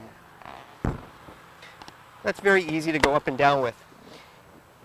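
The lid of the bow anchor storage compartment on a fiberglass 2003 Baja 20 Outlaw boat is closed and snaps shut into place in the deck with a sharp hit at 0.9 s. A few faint ticks follow near 1.8–1.9 s, and then someone talks.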